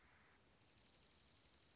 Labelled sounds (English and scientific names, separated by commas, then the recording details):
Dark-eyed Junco (Junco hyemalis)
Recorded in Sonoma County, California